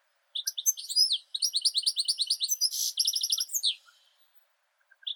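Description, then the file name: European goldfinch song: fast liquid twittering notes running into buzzy rattling trills, then a brief quiet spell with a few soft notes. "Golosa ptic - CSHegol Carduelis carduelis"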